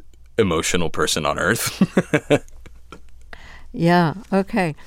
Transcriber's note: laughter